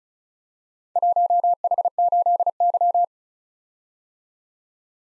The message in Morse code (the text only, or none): 1H8Y